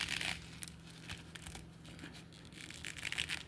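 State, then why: Not seated. A detached plastic part is pushed back into an action figure's joint socket, producing rubbing, crinkly scraping sounds with brief sharp ticks over a steady low hum. The part does not snap back in, and nothing has seated or clicked yet.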